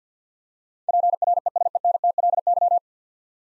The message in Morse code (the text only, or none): PRESENTLY